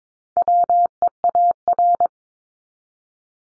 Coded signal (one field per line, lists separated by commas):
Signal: Morse code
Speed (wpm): 22 wpm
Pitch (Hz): 700 Hz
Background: none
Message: WEAR